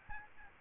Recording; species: mosquito wingbeat signal from an infrared sensor; Aedes albopictus